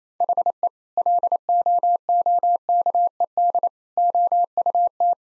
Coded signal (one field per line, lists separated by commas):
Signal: Morse code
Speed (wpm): 27 wpm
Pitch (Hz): 700 Hz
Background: none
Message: HE LOOKED OUT